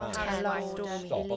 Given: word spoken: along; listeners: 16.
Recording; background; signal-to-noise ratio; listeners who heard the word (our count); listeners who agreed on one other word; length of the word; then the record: one English word in noise, from a listening test; four-talker babble; -2.6 dB; 0 of 16; 6 of 16; 0.97 s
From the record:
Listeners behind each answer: 6, 2, 1, 1, 1, 1, 1, 1, 1, 1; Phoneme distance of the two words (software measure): 37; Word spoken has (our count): 2 syllables, 4 phonemes, stress on syllable 2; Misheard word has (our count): 1 syllable, 3 phonemes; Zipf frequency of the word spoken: 5.33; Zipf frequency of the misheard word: 5.39